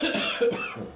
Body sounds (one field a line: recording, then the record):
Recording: coughing mixed with background sound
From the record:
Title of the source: Spring Cold Coughing.